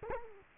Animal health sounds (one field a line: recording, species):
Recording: mosquito wingbeat signal from an infrared sensor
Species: Culex quinquefasciatus